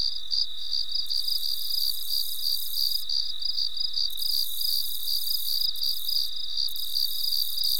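Cricket chirp sequence, brisk regular pulses near three per second.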